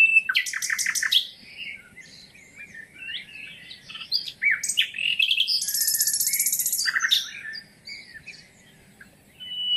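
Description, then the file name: Common nightingale song, rich and varied: harsh clicks, short whistled slurs and a sustained high rattling trill lasting about a second. "Luscinia megarhynchos"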